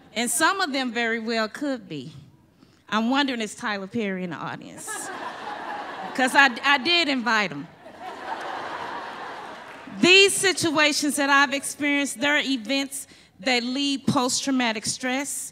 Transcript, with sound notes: And some of them very well could be. I’m wondering, is Tyler Perry in the audience? [Laughter] Because I did invite him. [audience continues to laugh] These situations that I’ve experienced, they’re events that lead to post traumatic stress